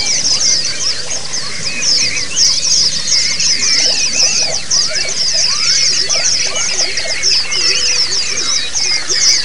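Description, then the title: White-eye song: busy, high-pitched twittering in quick bursts, with short rising and falling whistled notes scattered among the constant chatter. Therapy song in the ombyokan (group) style. "Suara Terapi Pleci Ombyokan"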